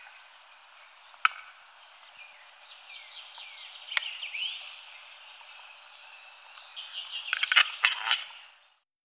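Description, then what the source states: Western capercaillie courtship display: two widely spaced sharp clicks, then a rapid clattering burst near the end. Male capercaillie giving courtship display sounds.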